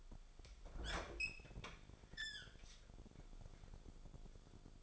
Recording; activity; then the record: daily activity, microphone in the room; open fridge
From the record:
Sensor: 5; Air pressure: 1004.7 hPa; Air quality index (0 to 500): 154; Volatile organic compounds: 3 ppm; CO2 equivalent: 1462 ppm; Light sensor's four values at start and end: 21/48/19/18 and 23/52/21/20